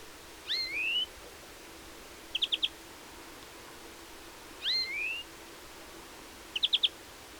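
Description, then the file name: European greenfinch calls: a drawn-out rising wheeze followed by a short chatter of four notes, the pair given twice. "Chloris chloris"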